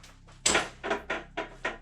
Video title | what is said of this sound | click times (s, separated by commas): Airsoft Top 3 Loadouts and Special Announcement ! | and it snaps right off | 0.5 s